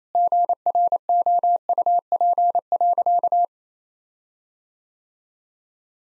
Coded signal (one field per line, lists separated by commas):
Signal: Morse code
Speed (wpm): 28 wpm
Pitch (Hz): 700 Hz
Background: none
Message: GROUP.